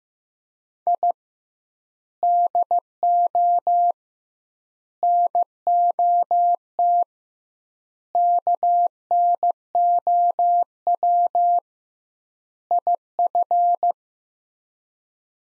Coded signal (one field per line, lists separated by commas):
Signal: Morse code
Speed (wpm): 15 wpm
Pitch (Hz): 700 Hz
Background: none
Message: I DO NOT KNOW IF